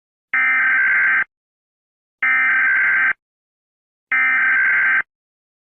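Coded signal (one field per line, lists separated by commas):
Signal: Emergency Alert System (SAME) tones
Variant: header bursts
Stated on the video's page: Simulated fictional emergency alert using valid alert tones.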